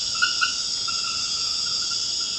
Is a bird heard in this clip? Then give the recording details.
no. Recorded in dense forest near Puerto Asís, Putumayo, Colombia, on 24 March 2025 at 22:00. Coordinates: 0.481, -76.323. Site G088